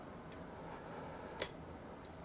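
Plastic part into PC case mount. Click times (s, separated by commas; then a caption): 1.4 s. On a second try, a plastic part is pressed into its mount inside a PC case and seats with one sharp, bright snap at 1.4 s. A much fainter tick follows at 2.1 s over a low steady background hum. The part is confirmed seated.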